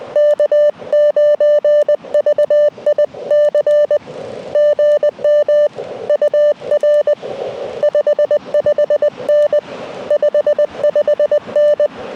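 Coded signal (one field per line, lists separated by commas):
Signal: Morse code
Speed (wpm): 20 wpm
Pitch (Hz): 590 Hz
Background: none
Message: K9VIC GM UR 55N 55N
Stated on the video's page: SOTA summit activation on a hike-up mountain; bands were very poor.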